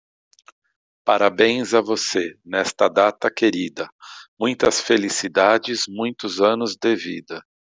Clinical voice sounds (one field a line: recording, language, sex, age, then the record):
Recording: short text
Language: Brazilian Portuguese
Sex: male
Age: 50 to 59 years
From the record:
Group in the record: control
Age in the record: 59 years